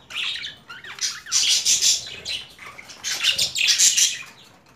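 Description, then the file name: Budgerigar rasping squawks, several bursts of scratchy, grating calls that swell and fade. Female budgerigar; mixed sounds. "Karisik Sesler Disi Muhabbet Kusu Sesi"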